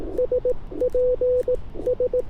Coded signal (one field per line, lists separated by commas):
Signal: Morse code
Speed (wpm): 18 wpm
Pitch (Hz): 500 Hz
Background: none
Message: SP S